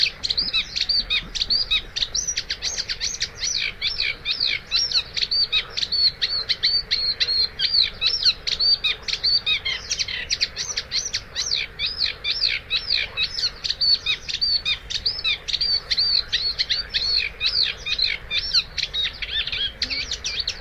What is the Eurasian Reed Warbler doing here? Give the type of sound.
song